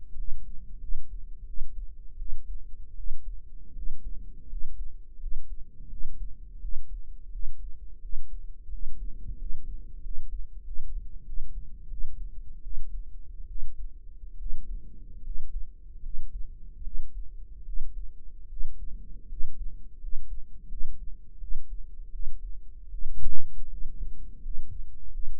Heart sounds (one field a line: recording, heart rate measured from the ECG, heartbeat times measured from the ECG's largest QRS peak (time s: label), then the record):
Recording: heart sounds by microphone in the right ear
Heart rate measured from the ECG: 82 bpm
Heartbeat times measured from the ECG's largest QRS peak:
0.15 s: heartbeat
0.80 s: heartbeat
1.45 s: heartbeat
2.17 s: heartbeat
2.95 s: heartbeat
3.74 s: heartbeat
4.48 s: heartbeat
5.19 s: heartbeat
5.89 s: heartbeat
6.60 s: heartbeat
7.31 s: heartbeat
8.00 s: heartbeat
8.70 s: heartbeat
9.37 s: heartbeat
10.02 s: heartbeat
10.63 s: heartbeat
11.25 s: heartbeat
11.89 s: heartbeat
12.62 s: heartbeat
13.47 s: heartbeat
14.38 s: heartbeat
15.23 s: heartbeat
16.01 s: heartbeat
16.83 s: heartbeat
17.64 s: heartbeat
18.48 s: heartbeat
19.28 s: heartbeat
19.99 s: heartbeat
20.68 s: heartbeat
21.39 s: heartbeat
22.11 s: heartbeat
22.90 s: heartbeat
23.69 s: heartbeat
24.41 s: heartbeat
25.10 s: heartbeat
From the record:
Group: healthy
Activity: rest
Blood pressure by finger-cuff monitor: 129/70 mmHg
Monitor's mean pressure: 84 mmHg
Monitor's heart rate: 84 bpm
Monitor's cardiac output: 7.6 L/min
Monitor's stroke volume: 93 mL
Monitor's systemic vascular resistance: 810 dyn s/cm5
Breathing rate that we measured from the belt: 12 breaths a minute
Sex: male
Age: 23 years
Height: 179 cm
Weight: 87 kg